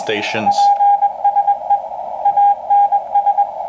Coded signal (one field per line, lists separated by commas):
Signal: Morse code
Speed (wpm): 21 wpm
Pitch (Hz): 810 Hz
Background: speech, radio noise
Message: PSE ANS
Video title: Night of Nights reception of KPH KSM KFS Pt Reyes Maritime station shortwave